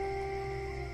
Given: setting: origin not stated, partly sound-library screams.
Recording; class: one-second piece from a danger detection set; normal situation